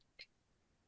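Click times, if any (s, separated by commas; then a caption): 0.2 s. A movable plastic part on a small plastic micro toy starship is moved into a detent position, and it clicks into place at 0.2 s. The click is a single short, bright snap with energy around 2–4 kHz against a quiet background. The part seats, giving a crisp feeling of precision.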